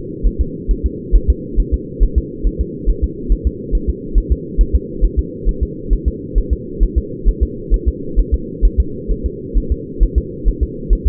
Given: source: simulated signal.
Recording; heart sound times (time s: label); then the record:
fetal heart sounds
0.27 s: S1
0.41 s: S2
0.71 s: S1
0.86 s: S2
1.16 s: S1
1.30 s: S2
1.60 s: S1
1.74 s: S2
2.03 s: S1
2.18 s: S2
2.47 s: S1
2.61 s: S2
2.90 s: S1
3.04 s: S2
3.32 s: S1
3.47 s: S2
3.75 s: S1
3.90 s: S2
4.18 s: S1
4.32 s: S2
4.61 s: S1
4.75 s: S2
5.04 s: S1
5.19 s: S2
5.49 s: S1
5.63 s: S2
5.93 s: S1
6.08 s: S2
6.38 s: S1
6.53 s: S2
6.83 s: S1
6.98 s: S2
7.29 s: S1
7.43 s: S2
7.74 s: S1
7.88 s: S2
8.19 s: S1
8.34 s: S2
8.65 s: S1
8.80 s: S2
9.11 s: S1
9.26 s: S2
9.58 s: S1
9.72 s: S2
10.03 s: S1
10.18 s: S2
10.48 s: S1
10.63 s: S2
10.93 s: S1
11.07 s: S2
From the record:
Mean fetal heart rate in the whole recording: 135 bpm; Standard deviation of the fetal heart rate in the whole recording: 3 bpm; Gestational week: 36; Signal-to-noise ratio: -4.3 dB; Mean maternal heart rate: 72 bpm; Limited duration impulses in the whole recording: present